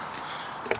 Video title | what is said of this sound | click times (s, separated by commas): Emerald Strut install on my fiesta ST mk7 | I don't know if you've seen that click | 0.7 s